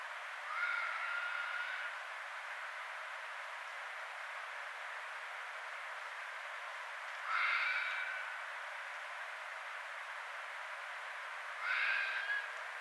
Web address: Red Fox 2012 02 06 Red Fox